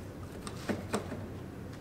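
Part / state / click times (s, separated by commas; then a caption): throttle cable end onto the other cable's linkage on the throttle body / seated / 0.5 s. While the throttle linkage is refitted on a Mustang engine, the second throttle or cruise cable end is pressed onto the first cable's linkage on the throttle body. It clips on with a short, sharp click at 0.5 s, followed by a couple of softer knocks around 0.7 s and 0.9 s. The cable end is seated.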